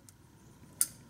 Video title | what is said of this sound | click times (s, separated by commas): Windshield Washer Fluid Leak Repair | there we go we heard a little clicky | 0.8 s